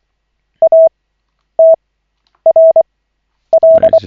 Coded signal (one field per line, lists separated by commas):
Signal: Morse code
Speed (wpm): 24 wpm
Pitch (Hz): 650 Hz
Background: none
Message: A T R L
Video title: Koch 11/40, 16.01.2025, CW practice session